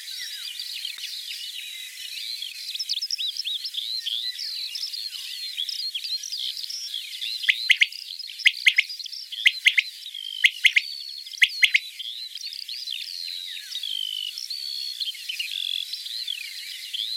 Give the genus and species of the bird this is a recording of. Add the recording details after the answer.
Coturnix coturnix. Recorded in the wild. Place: Merdingen am Kaiserstuhl, Baden-Württemberg, DE. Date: 1980-05-18. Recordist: Schwarz, Dieter